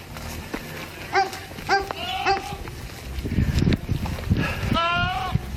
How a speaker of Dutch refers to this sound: Ja, je hoorde het niet zo heel goed, maar het is dus een geit die om hulp roept. Of misschien wel niet. Ja. Nou ja, de boer zegt dat de geit zijn maatje miste en daarom aan het krijsen was.